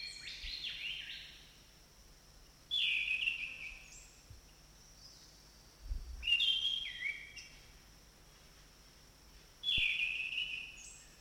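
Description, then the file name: Orange-banded thrush singing short bright whistled phrases, each starting high and sliding down, given about every three seconds over a steady high background hiss. Forest setting. "anis cendana hutan omkicau"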